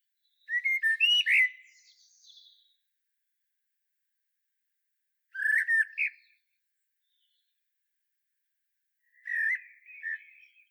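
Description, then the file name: Common blackbird song: three rich fluted whistled phrases, each ending in a quieter high twittery flourish, separated by pauses. "Turdus merula"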